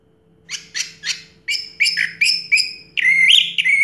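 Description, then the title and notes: Orange-headed thrush song: a series of spaced harsh notes turning into clearer whistled notes, ending in a longer sustained warble. Song in the teler style, described as clear-voiced; part of a complete collection of this species' songs. "Anis Merah Teler Suara Jernih. kumpulan suara anis merah lengkap"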